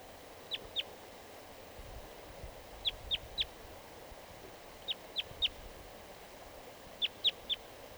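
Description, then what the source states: Crossbill song made of sharp high clipped notes in quick clusters of two or three, each cluster about two seconds apart, over soft hiss. Wild crossbill singing in a tree behind a mist net by a creek.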